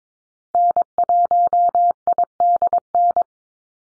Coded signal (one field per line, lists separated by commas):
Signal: Morse code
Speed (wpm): 22 wpm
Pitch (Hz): 700 Hz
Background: none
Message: N1IDN